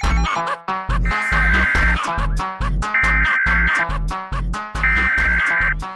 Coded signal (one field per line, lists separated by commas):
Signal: Emergency Alert System (SAME) tones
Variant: header bursts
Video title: EAS alert of Albania Islands